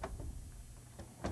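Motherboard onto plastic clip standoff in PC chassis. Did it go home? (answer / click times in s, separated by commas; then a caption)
no / none. A PC motherboard is handled and lowered toward the standoffs in a PC chassis, one of which is a plastic clip standoff. A few short, sharp knocks are heard, near the start and again at about 1.3 s, over a steady low hum. Nothing has seated or clicked into place yet.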